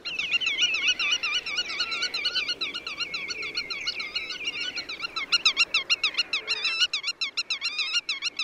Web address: Przyroda Ptaki Rycyk